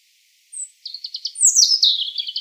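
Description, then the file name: European robin song opening with a thin high whistle, then stuttered notes building into a fast, tumbling, descending warble. "Erithacus rubecula"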